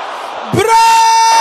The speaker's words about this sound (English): So you stand there, don't move. Can I hear you shouting this loud and clear?